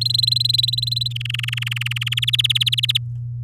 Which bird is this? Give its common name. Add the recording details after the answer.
Domestic Canary. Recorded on 9 May 2018 at 06:45. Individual llb16